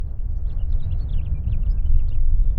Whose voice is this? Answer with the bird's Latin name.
Haemorhous mexicanus